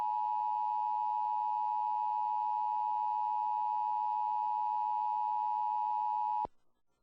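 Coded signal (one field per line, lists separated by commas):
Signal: Emergency Alert System (SAME) tones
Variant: 853 and 960 Hz attention tone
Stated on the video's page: Homemade severe thunderstorm watch EAS alert.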